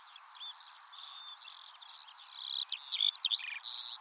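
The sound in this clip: Eurasian skylark song, soft and blurred at first, then louder bright trills, buzzy notes and sharp whistles crowding together toward the end.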